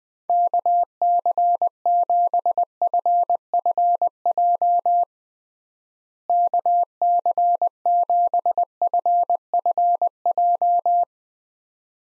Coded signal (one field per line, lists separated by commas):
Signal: Morse code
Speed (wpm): 20 wpm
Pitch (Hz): 700 Hz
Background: none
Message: KC7FFJ KC7FFJ